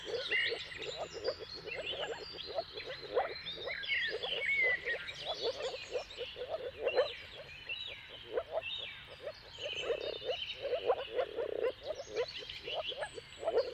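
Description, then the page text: Chorus of moor frogs giving many overlapping low, muffled pulsing calls, while several birds sing and chirp steadily in the background. Mating calls of moor frogs in a chorus at sunrise, around the turn of March and April, depending on the weather. "Jakub-Orzecki moor frogs. Dawn’s Chorus: Mating Calls of Marsh Frogs at Sunrise - wp.earth.fm. Depending on the weather at the turn of March and April, you can witness an amazing spectacle of moor frogs"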